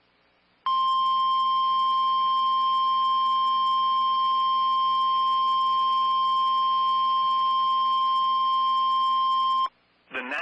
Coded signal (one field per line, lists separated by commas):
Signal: Emergency Alert System (SAME) tones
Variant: 1050 Hz attention tone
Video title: SVRS That Made My Editing Hard| EAS Alerts From 7/8/-7/9/2020 (EAS #47-51)